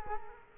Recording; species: mosquito wingbeat signal from an infrared sensor; Culex quinquefasciatus